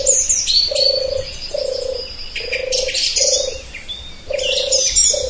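Bird calls: scattered high chirps and chattering notes above a run of low, pulsed, droning notes that repeat steadily.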